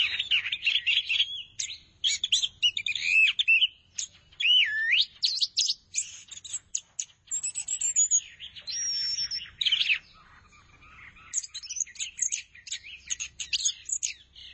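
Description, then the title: Thrush in full song: rich, varied phrases of looping whistles, high trills and chatter. "burung anis x"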